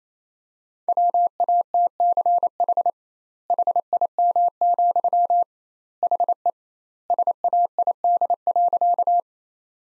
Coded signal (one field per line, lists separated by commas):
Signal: Morse code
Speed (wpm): 28 wpm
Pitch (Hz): 700 Hz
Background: none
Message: WATCH HIM, HE SAID.